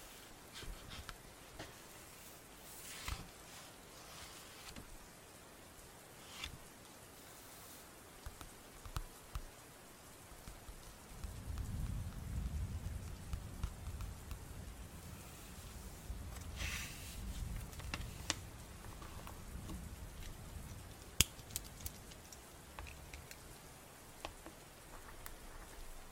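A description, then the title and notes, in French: Rain and ASMR sounds: a steady soft hiss with scattered sharp ticks and taps throughout. From about 11 to 20 seconds a low rumble swells underneath, and brief bright swishes rise around 3 and 17 seconds. Sons ASMR et de pluie.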